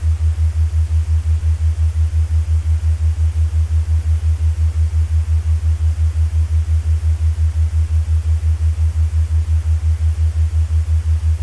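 A deep, low hum throbs steadily with binaural beats, swelling and fading about four or five times a second in an even, unbroken rhythm. Behind it, a soft pink-noise hiss spreads evenly across the higher range and stays constant throughout.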